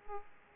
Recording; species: mosquito wingbeat signal from an infrared sensor; Aedes aegypti